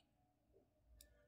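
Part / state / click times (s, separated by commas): bracelet push-button clasp closing into its lock / seated / 1.0 s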